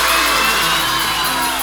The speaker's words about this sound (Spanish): ¡Los aplausos!